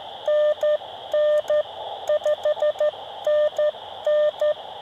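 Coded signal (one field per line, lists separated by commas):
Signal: Morse code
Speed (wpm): 12 wpm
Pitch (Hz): 600 Hz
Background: radio noise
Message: NN5NN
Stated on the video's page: CW contacts on 20 and 40 meters from an Elecraft KX2 on solar-charged battery power, Buddipole vertical on a painter's pole, hiking portable working POTA stations.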